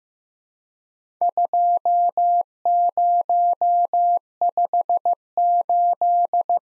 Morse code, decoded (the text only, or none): 2058